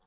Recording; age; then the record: pig call; piglet (1 to 25 days)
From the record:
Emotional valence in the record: positive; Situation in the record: reunion after long isolation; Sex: male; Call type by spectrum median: low-frequency call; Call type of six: low-frequency tonal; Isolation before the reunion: 8 minutes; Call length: 0.07 s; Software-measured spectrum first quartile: 432 Hz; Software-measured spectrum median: 1390 Hz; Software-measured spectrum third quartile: 7339 Hz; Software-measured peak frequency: 11 Hz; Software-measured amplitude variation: 22 dB a second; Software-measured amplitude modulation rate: 7.2 a second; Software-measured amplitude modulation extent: 3.1 dB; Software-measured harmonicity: 0.3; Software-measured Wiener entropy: -2.13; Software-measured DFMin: 1209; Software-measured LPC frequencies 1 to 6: 837, 3356, 5027, 6020, 9801, 10925 Hz